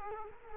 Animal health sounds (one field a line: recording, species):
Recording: mosquito wingbeat signal from an infrared sensor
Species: Culex quinquefasciatus